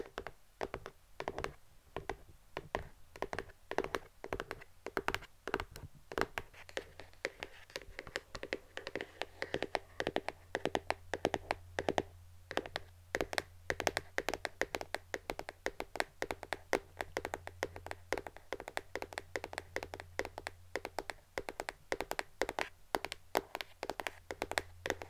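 Tapping with the hands, fast and uneven, in quick crisp strikes that crowd together in busy clusters with brief gaps. A low, steady hum sits underneath from about six seconds on, while the taps keep up their sharp, bright clicking to the end.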